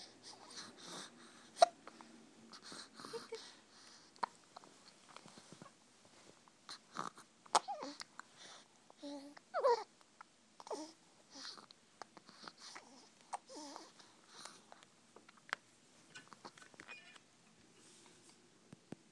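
An infant hiccups repeatedly, with short sharp hiccup sounds between soft babbling and vocal noises.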